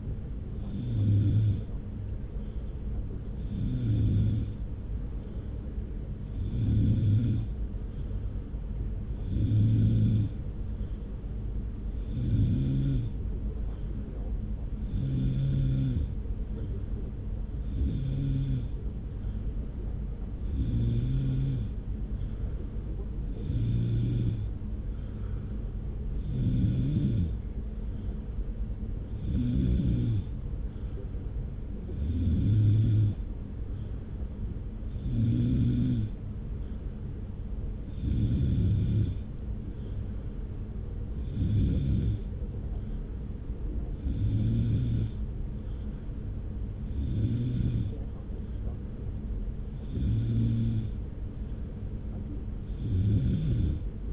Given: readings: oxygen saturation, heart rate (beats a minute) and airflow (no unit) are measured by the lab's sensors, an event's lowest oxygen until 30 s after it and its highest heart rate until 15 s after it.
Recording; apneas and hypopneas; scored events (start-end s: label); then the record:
breathing in sleep by a smartphone at the bedside; 1
19.00-36.40 s: hypopnea (N3, oxygen 94% highest, then 93% lowest)
29.00-54.13 s: new sleep stage, N2 (light sleep)
From the record:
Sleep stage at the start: N3 (deep sleep); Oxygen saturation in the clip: 94%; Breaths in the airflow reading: 19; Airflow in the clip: -0.9 to 0.9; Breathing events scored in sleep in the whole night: 335 in 6.7 hours asleep